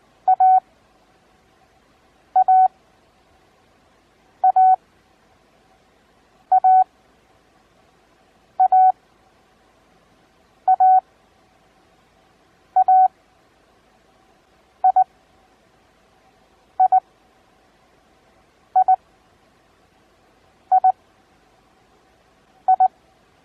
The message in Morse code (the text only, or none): A A A A A A A I I I I I